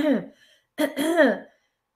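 A woman gives a short voiced throat-clearing sound, then a two-part "ahem" after a brief pause. It imitates habitual throat clearing done without any secretion present, a vicious habit in which the vocal folds collide forcefully.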